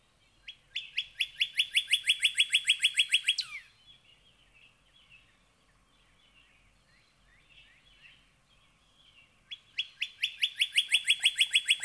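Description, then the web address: Northern cardinal song in two long bursts of quick rising whistled notes, separated by several seconds of soft scattered chirps. "birdsongforthecurious Northern Cardinal"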